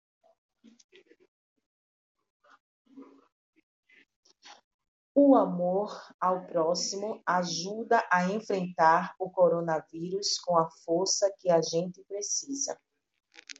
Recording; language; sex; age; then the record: spoken sentence; Brazilian Portuguese; female; 40 to 49 years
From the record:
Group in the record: control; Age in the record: 44 years